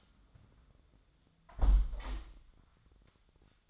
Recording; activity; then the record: daily activity, microphone in the room; close window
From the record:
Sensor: 3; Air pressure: 1004.6 hPa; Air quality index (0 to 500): 79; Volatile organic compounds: 2 ppm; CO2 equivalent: 1194 ppm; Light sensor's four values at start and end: 7/16/6/6 and 6/15/6/5